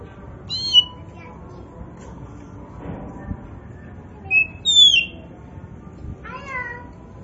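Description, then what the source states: Oriental magpie-robin giving a few sparse whistled phrases, sliding notes with harmonics, separated by long pauses. Indonesian name kacer poci; described as gacor.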